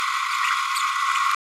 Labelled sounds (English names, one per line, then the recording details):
Green-rumped Parrotlet babbling
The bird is a male
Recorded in a nest box in Venezuela
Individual 17B102A4